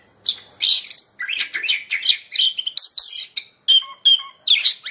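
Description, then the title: Oriental magpie-robin singing a lively jumble of scratchy chirps and clear whistled notes, including a few pure drawn-out whistles, in short bursts separated by brief gaps. "Kacer"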